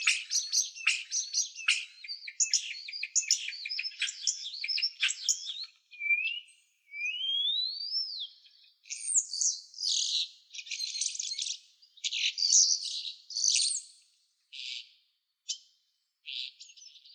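Birds sing around a school building in a dense, high, busy chorus. Through the first six seconds rapid chirps and trills overlap. After that come separate bright phrases with short gaps, including rising, sweeping whistles near seconds six to eight, and there is no low background sound.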